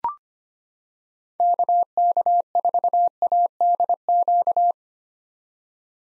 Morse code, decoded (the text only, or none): KK4ADQ